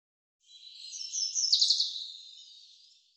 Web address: cianscape birddata Deverinetal 2025 Bird Fr Co